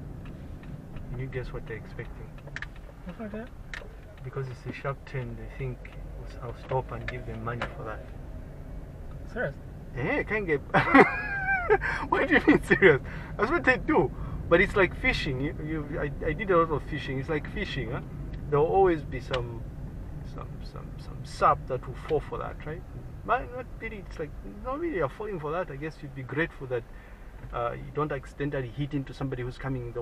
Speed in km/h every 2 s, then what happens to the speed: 16, 10, 8, 12, 16, 17, 20, 22, 22, 16, 14, 11, 6, 5, 6.
0-4 slows to 8. 4-16 speeds up to 22. 16-24 slows to 6. 24-30 steady at about 6.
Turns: 2-5.